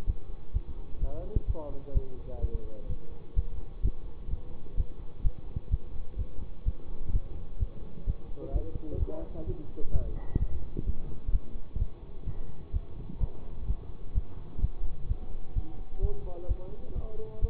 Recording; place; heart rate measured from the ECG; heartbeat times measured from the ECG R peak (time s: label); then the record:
heart sounds by stethoscope; between the tricuspid and mitral areas; 128 bpm
0.05 s: heartbeat
0.51 s: heartbeat
0.99 s: heartbeat
1.45 s: heartbeat
1.92 s: heartbeat
2.40 s: heartbeat
2.87 s: heartbeat
3.34 s: heartbeat
3.81 s: heartbeat
4.28 s: heartbeat
4.75 s: heartbeat
5.22 s: heartbeat
5.69 s: heartbeat
6.16 s: heartbeat
6.63 s: heartbeat
7.11 s: heartbeat
7.58 s: heartbeat
8.05 s: heartbeat
8.51 s: heartbeat
8.98 s: heartbeat
9.45 s: heartbeat
9.91 s: heartbeat
10.38 s: heartbeat
10.85 s: heartbeat
11.31 s: heartbeat
11.78 s: heartbeat
12.25 s: heartbeat
12.71 s: heartbeat
13.18 s: heartbeat
13.65 s: heartbeat
14.13 s: heartbeat
14.59 s: heartbeat
15.07 s: heartbeat
15.54 s: heartbeat
16.00 s: heartbeat
16.47 s: heartbeat
16.93 s: heartbeat
17.40 s: heartbeat
From the record:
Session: bicycle stress test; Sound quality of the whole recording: good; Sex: male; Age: 24 years